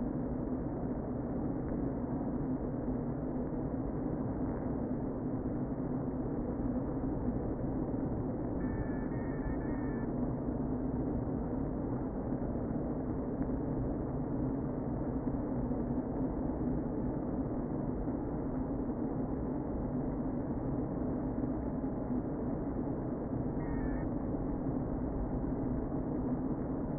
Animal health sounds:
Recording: honeybee colony, microphone inside the hive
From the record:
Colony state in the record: queen present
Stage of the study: before two queens were removed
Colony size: about 60,000 bees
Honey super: yes

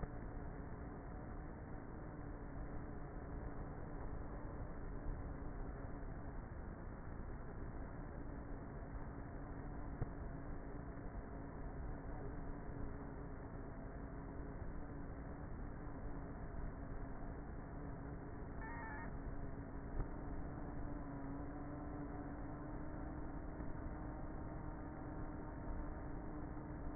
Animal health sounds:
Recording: honeybee colony, microphone inside the hive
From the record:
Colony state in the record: queenless with a low population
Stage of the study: before two queens were removed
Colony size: about 30,000 bees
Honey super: no

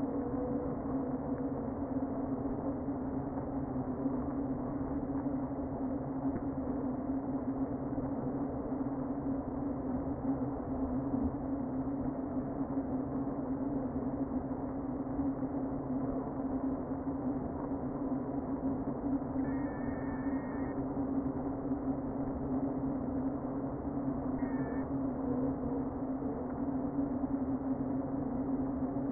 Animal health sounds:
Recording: honeybee colony, microphone inside the hive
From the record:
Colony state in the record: queen present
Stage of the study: before two queens were removed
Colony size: about 60,000 bees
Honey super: yes

